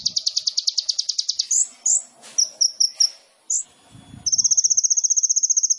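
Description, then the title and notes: Sunbird song: a rapid high trill, a few loud chips and swept notes, then another long, even trill. Indonesian masteran training song; song full of isian and tembakan; bird described as gacor; suited as pancingan. "MASTERAN KOLIBRI NINJA TERBAIK FULL ISIAN DAN TEMBAKAN MEWAH COCOK BUAT PANCINGAN. Suara Burung Kolibri Ninja Gacor"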